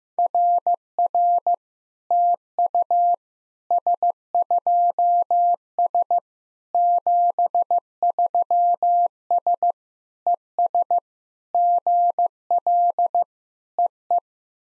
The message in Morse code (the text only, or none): RR TU S2S 73S ES GL EE